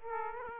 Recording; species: mosquito wingbeat signal from an infrared sensor; Aedes aegypti